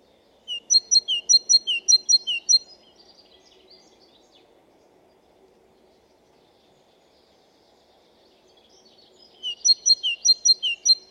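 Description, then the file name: Great tit singing a bright two-note phrase repeated several times in a row, then a long pause, then the same rhythmic phrase starting again. "Parus major"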